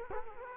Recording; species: mosquito wingbeat signal from an infrared sensor; Culex quinquefasciatus